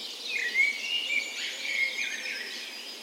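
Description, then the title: Birds singing softly together, brief warbled and whistled notes layered over a faint hiss of chorus. Dawn chorus on the morning of 17 May, Norway's National Day, in a park west in Bergen, Norway, in spring; recorded with Sony PCM A10 and LOM Micro Usi microphones as tree ears. "17th Of May Dawn Chorus"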